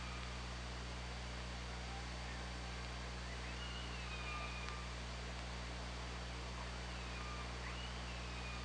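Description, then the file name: Killer whale calls underwater: faint rising and falling whistled tones, a few repeated, over strong hiss and a constant low hum. Recorded on the OrcaLab hydrophone, 24 August 2017 at 15:00. "Orca Lab 20170824 150045"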